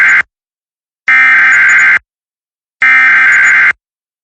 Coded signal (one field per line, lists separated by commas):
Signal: Emergency Alert System (SAME) tones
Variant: header bursts